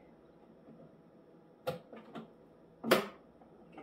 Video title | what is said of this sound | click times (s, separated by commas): Utensilism - Rotisserie Cornish Hen | it click when it goes in there there you | 2.9 s